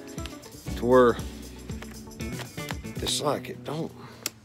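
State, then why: Seated. A vintage Helios 44 screw-mount lens on an adapter is turned onto a D810 camera body, spinning freely with no stop until it reaches the lock detent, while someone talks over background music. A loud, sharp click at 4.3 s is the lens locking into the mount detent, and it seats in place.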